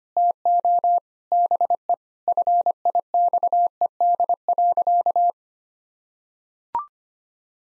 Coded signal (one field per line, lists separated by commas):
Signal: Morse code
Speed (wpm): 25 wpm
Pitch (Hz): 700 Hz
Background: none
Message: TO BE FIXED.